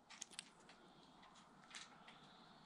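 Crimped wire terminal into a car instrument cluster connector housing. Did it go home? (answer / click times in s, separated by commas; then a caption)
yes / 0.2 s, 0.4 s. The crimped terminal on an orange wire is pushed by hand into a new plastic connector housing on a Super 5 instrument cluster wiring harness. Two sharp clicks are heard at 0.2 s and 0.4 s, followed by faint handling noise. The terminal locks and is confirmed clipped in place.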